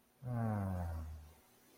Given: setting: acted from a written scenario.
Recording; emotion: vocal sound without words; serenity